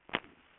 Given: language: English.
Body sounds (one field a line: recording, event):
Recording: throat vibration sensor signal played as sound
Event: swallow